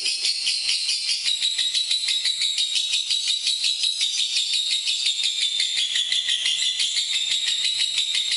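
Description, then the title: Lovebird song of rapid, rattling high chirps in an unbroken stream that wavers slightly in pitch. Lovebird song used as masteran for training other birds. "MASTERAN BURUNG 2. Lovebird"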